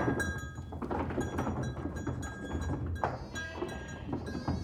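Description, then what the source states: Goat bleats, two quavering, wavering high cries near the end, over clattering, knocking sounds of a moving herd. A herd of goats moving out.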